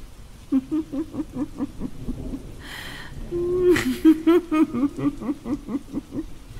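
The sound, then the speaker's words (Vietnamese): A steady hiss of stormy rain and wind with a couple of harsh noisy bursts like thunder cracks, while a high, shrill voice laughs in rapid rhythmic pulses over the storm. “Khi người ta còn đang phân vân, chưa biết sự tình thế nào, thì có tiếng cười lanh lảnh vang lên trong tiếng mưa gió sấm sét thét gào.”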